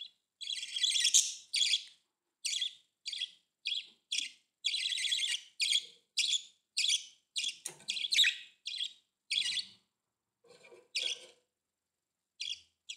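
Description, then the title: Budgerigar calls: a quick run of harsh, buzzy chirps, closely spaced for most, then thinning to a few scattered notes. "Budgie Sounds"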